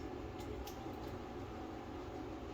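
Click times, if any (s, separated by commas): none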